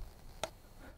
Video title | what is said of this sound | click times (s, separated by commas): (2017 - Vlog #6) How to UP your TRAPPING game!! | click that audible click allows me to know that that pan is level and night latched as we say it then | 0.4 s